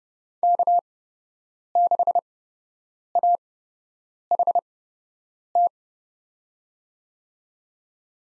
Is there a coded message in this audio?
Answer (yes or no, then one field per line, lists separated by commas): yes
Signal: Morse code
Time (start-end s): 0.4-5.7 s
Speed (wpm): 30 wpm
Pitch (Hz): 700 Hz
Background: none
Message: K6AHT